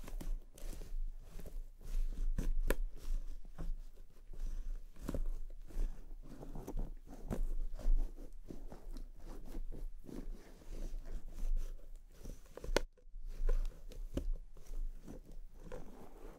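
Hands massaging a scalp and a brush moving through hair make dense, scratchy rustling that rises and falls in short strokes. Quick crackly bursts come every second or so, with a brief pause near thirteen seconds. A low hum runs underneath throughout.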